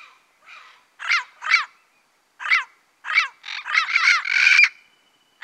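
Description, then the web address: Turquoise-fronted amazon calls: loud, grating squawks spaced irregularly, building into a fast run of harsh notes and a drawn-out raspy cry. Recorded in the Pantanal, Brazil. "sescpantanal. Papagaio verdadeiro"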